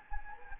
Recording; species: mosquito wingbeat signal from an infrared sensor; Anopheles gambiae